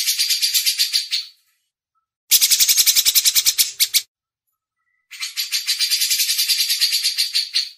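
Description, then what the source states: Grey-cheeked bulbul chatter: three separate runs of scratchy, pulsed high notes, roughly three per second, divided by clear silences. Masteran recording: training audio for songbirds.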